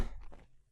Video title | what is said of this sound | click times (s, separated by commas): Shark Helmets - Vision-R - Series 2 - BikeNation | and it clicks into place nice satisfying clunk as well so it goes into place you know it's not going to move | 0.2 s, 0.3 s